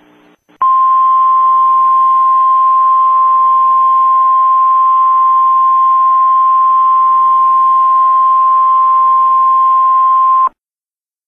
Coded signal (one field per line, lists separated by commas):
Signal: Emergency Alert System (SAME) tones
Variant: 1050 Hz attention tone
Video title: EAS: Jacskon, Wyoming terrorist attack (I)